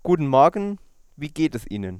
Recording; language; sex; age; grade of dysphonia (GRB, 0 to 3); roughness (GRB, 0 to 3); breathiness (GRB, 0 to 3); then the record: spoken sentence; German; male; 20 to 29 years; 0; 0; 0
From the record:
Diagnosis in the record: healthy voice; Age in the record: 20 years